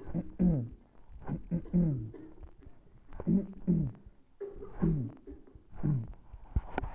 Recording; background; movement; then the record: throat clearing; a bystander coughing; sitting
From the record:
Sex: male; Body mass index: 20.5 kg/m2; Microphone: on the chest, facing the body